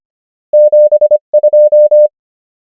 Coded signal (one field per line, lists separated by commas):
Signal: Morse code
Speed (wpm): 25 wpm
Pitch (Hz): 600 Hz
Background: none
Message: 7 2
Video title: morse code practice | 25wpm | 23fw | numbers | ENGLISH